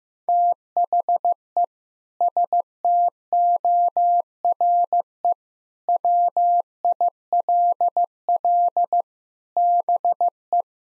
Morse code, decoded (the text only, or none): THE STORE WILL BE